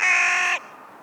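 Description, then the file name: Carrion crow giving a single hoarse, flat caw lasting about half a second, ending with a slight downward slide. "Corvus corone - Carrion Crow"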